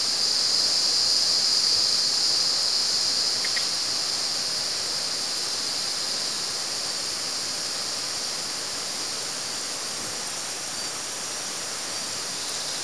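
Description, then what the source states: Cicada buzzing song, a high continuous hiss, strongest in the first few seconds then fading slightly, over a broad background rush. At San Ramon.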